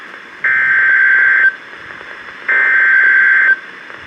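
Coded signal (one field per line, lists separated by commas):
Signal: Emergency Alert System (SAME) tones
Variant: header bursts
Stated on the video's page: Severe thunderstorm warning relayed by NOAA Weather Radio stations.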